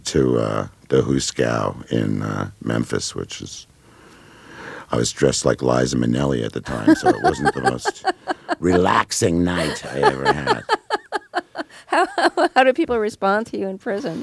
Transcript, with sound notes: ...went to the hoosegow in Memphis, which is--I was dressed like Liza Minnelli at the time, so it wasn't the most relaxing night I ever had.
(Laughs) How did people respond to you in prison?